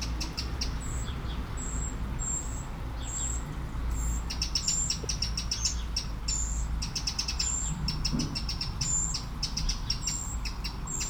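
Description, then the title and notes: Eurasian blackbird repeating high, thin drawn whistles, joined midway by rapid ticking series, with a continuous low stream rumble. One blackbird beside a small stream at Aveize, France, 12 July 2017; recorded with a DPA-2006c AB pair into a Mixpre-3. "Aveize, France - Merle - Blackbird. 20170712-Merle et ruisseau. Bord de ruisseau, un merle, quelques mouches, des avions au loin. Near a small river, a blackbird, a few flies, planes in the distance"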